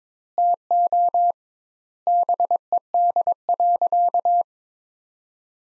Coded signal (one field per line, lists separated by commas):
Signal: Morse code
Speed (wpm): 22 wpm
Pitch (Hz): 700 Hz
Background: none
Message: TO BED.